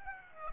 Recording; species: mosquito wingbeat signal from an infrared sensor; Aedes aegypti